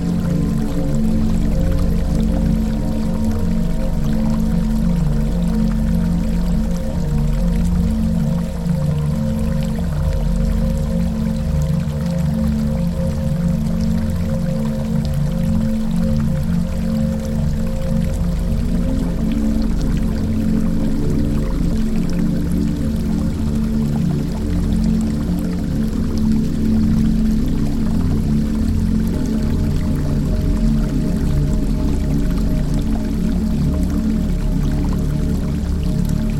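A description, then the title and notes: A forest river rushes past in a steady, dense wash of water, heavy in the low and middle range with a deep rumbling undertone. The flow stays even in loudness throughout, its pitch shifting slightly around the halfway point. Relaxing River Stream Sounds - Peaceful Forest River.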